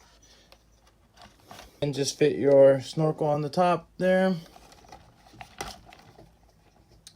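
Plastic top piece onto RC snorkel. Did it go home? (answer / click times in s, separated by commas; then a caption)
yes / 5.6 s. A small plastic top piece is press-fit onto the snorkel of a WPL-C 1/16 RC crawler. Someone talks, then a few faint taps and handling sounds follow, and the piece seats with a sharp click at 5.6 s.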